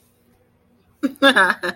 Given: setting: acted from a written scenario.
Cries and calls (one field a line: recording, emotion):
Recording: vocal sound without words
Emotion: amusement